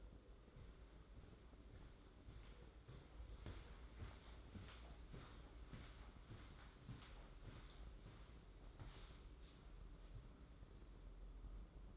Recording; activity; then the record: daily activity, microphone in the room; walk to room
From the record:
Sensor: 3